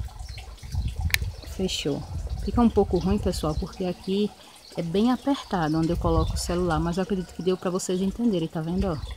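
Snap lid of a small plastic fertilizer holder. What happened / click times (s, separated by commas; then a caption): The small plastic lid snapped shut / 1.1 s. A small plastic fertilizer holder with holes, filled with fertilizer pellets, has its lid closed. It snaps shut with a sharp click at 1.1 s, showing it holds well. Then someone talks for the rest of the clip.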